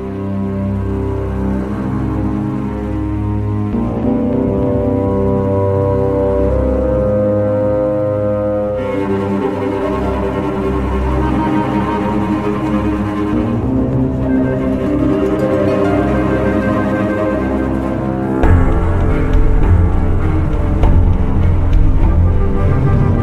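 Warm instrumental music plays with sustained, layered tones and a steady low bass line. Around nine seconds the sound brightens and thickens with busier upper notes, and near eighteen seconds the bass grows heavier and slightly louder until the end.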